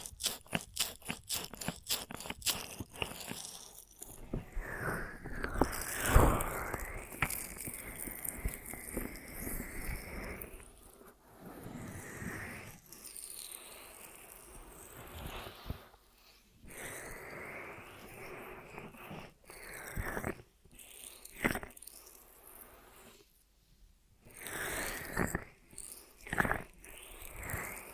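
Ear massage sounds: a quick series of sharp rubbing taps in the first few seconds gives way to longer, scratchy rubbing and crinkly friction strokes. The strokes come in uneven bursts with short near-silent gaps, especially toward the end.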